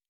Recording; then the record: hydrophone in a shrimp aquaculture tank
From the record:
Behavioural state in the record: normal